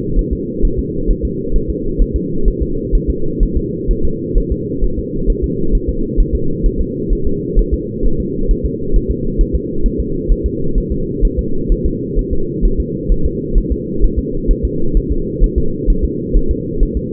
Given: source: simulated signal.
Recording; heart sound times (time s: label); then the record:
fetal heart sounds
0.19 s: S1
0.33 s: S2
0.65 s: S1
0.79 s: S2
1.11 s: S1
1.25 s: S2
1.56 s: S1
1.70 s: S2
2.02 s: S1
2.16 s: S2
2.48 s: S1
2.62 s: S2
2.95 s: S1
3.10 s: S2
3.43 s: S1
3.57 s: S2
3.91 s: S1
4.05 s: S2
4.38 s: S1
4.52 s: S2
4.84 s: S1
4.99 s: S2
5.30 s: S1
5.44 s: S2
5.75 s: S1
5.89 s: S2
6.20 s: S1
6.35 s: S2
6.66 s: S1
6.81 s: S2
7.13 s: S1
7.27 s: S2
7.59 s: S1
7.74 s: S2
8.06 s: S1
8.20 s: S2
8.51 s: S1
8.66 s: S2
8.96 s: S1
9.11 s: S2
9.41 s: S1
9.55 s: S2
9.86 s: S1
10.00 s: S2
10.32 s: S1
10.46 s: S2
10.78 s: S1
10.92 s: S2
11.25 s: S1
11.39 s: S2
11.72 s: S1
11.86 s: S2
12.19 s: S1
12.33 s: S2
12.65 s: S1
12.80 s: S2
13.12 s: S1
13.26 s: S2
13.58 s: S1
13.72 s: S2
14.04 s: S1
14.19 s: S2
14.51 s: S1
14.65 s: S2
14.97 s: S1
15.12 s: S2
15.44 s: S1
15.58 s: S2
15.90 s: S1
16.05 s: S2
16.37 s: S1
16.51 s: S2
16.83 s: S1
16.97 s: S2
From the record:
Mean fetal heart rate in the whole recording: 130 bpm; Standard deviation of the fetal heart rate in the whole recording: 2 bpm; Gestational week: 38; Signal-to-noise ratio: -8.1 dB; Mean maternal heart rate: 72 bpm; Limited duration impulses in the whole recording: absent